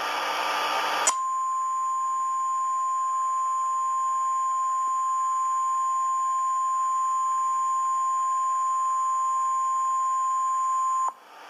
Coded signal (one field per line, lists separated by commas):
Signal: Emergency Alert System (SAME) tones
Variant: 1050 Hz attention tone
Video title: The Mr. Men Show Gets Interrupted By EAS Tornado Warning